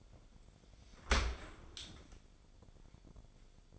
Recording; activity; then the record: daily activity, microphone in the room; open dishwasher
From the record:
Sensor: 5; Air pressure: 1006.8 hPa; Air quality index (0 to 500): 184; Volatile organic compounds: 5 ppm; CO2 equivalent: 1752 ppm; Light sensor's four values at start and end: 53/149/58/59 and 53/150/59/59